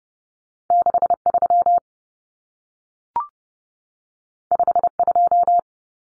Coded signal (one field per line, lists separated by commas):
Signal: Morse code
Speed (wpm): 30 wpm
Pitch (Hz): 700 Hz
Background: none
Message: 63 52